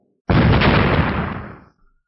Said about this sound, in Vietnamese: Hai tiếng nổ kinh thiên động địa vang lên